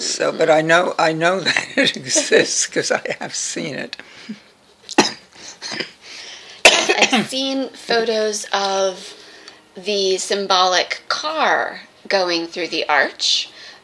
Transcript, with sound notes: But I know that it exists [laughs] because I have seen it.
I have seen photos of the symbolic car going through the arch.